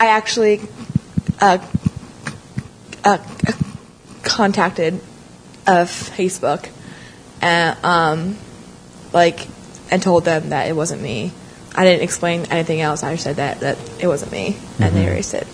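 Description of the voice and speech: A young woman who stutters speaks with stretched sounds, long silent blocks and strained onsets on words, typical of stuttering.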